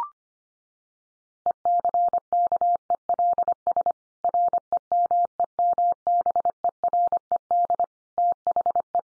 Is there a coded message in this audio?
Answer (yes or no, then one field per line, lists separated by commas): yes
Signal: Morse code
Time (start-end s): 1.5-9.0 s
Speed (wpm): 25 wpm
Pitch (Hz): 700 Hz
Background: none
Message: ECKELS REMEMBERED THE